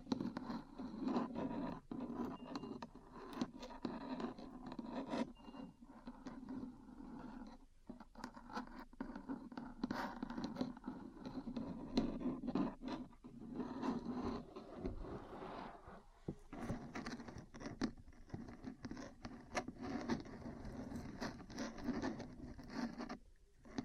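Metal parts tap and scratch against each other in a busy, continuous stream of small clicks and scrapes, with frequent sharper taps throughout. A low steady hum sits underneath, and the texture stays dense for the whole stretch with only brief dips.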